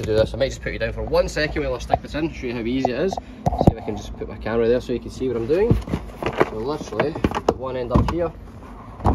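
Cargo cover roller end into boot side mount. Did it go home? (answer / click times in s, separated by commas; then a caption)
yes / 9.1 s. Someone talks while fitting one end of the retractable cargo cover roller into its side mount in the boot of a 2018 Prado GXL. A sharp click at 9.1 s marks the end popping into the mount and seating.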